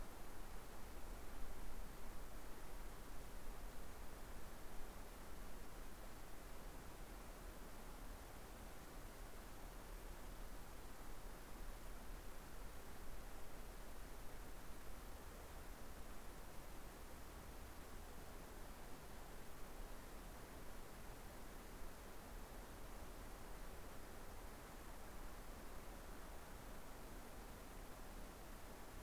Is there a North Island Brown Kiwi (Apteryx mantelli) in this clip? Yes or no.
no